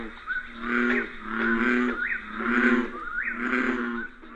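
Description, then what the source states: American bullfrog calls, resonant droning notes with rising inflections, repeated in a rolling series. Call distinct from other frog calls, easy to pick out when many frogs call at the same time.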